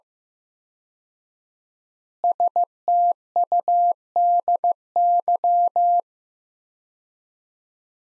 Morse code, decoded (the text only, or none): STUDY